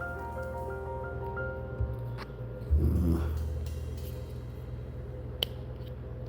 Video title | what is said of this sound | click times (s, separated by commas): 🔴 3D wooden puzzle: Kissa Coffee House. Part 3 | There we go. Heard a little click. | 5.4 s